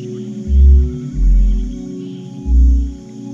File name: Kakapo